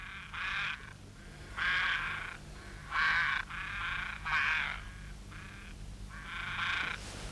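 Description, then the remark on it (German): Ravens caw repeatedly in a series of about eight harsh, raspy calls of varying length, some run together, over a steady low hum with no talking. “Ich glaube, die Raben hören uns doch.”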